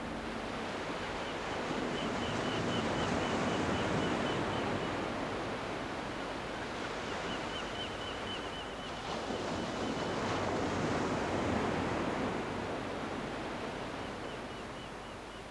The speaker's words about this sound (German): Das Meer schob seine Wellen wie dünne Bretter über den Sand. Über den Wellen herrschte vollkommene Stille.